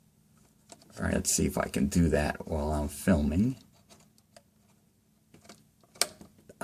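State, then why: Seated. A plastic wire harness connector is lined up and pushed into a Samsung refrigerator's main control board while someone talks. After faint small taps, a sharp click at 6.0 s marks the connector seating fully in the board.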